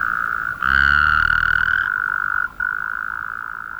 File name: Rhacophorus taipeianus